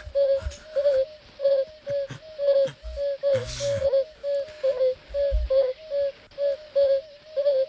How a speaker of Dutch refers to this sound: Nou, ook de geelbuikvuurpad.